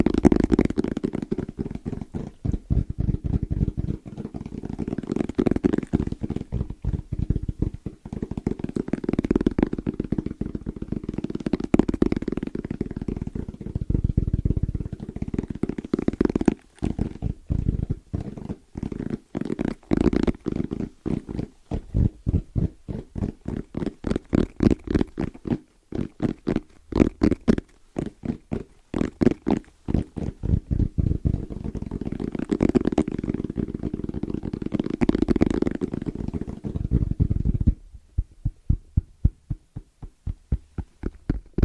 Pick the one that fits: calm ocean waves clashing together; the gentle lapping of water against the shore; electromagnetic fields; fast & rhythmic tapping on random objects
fast & rhythmic tapping on random objects